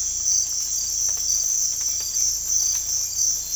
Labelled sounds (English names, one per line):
none